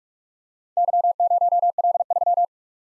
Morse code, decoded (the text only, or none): Y0L3